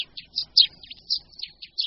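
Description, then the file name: Eurasian tree sparrow chirping, a short series of bright, clipped notes in quick irregular succession, with nothing else heard. "Vrabec-polní"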